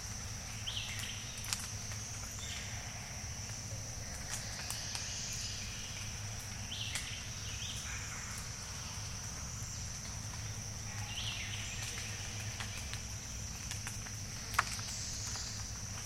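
A diffuse evening chorus of bird-voiced treefrogs. A thin, high, unbroken trill holds steady throughout over a low, constant rumble, while brief whistled calls rise out of it every few seconds. Sharp clicks stand out near the start and shortly before the end.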